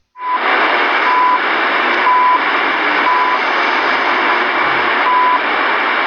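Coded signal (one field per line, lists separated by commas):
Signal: radio time signal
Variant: CHU Canada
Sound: short 1 kHz beeps roughly once a second, one skipped, over steady radio hiss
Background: radio static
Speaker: 3330 CHU Canada time signal.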